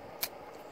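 An airbag electrical connector is plugged into its mating harness connector on the steering wheel of a 1997 Ford F250 5.4L 4x4 during cruise control switch replacement. A single sharp snap at 0.2 s stands out over a low, steady background hum. The connector is confirmed seated.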